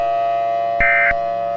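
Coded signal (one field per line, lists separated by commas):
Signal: Emergency Alert System (SAME) tones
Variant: end-of-message bursts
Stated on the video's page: Fictional EAS scenario simulation about Stranger Things Demogorgons attacking after the New Year's ball drop.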